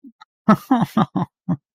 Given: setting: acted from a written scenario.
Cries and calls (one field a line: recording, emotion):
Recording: vocal sound without words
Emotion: sadness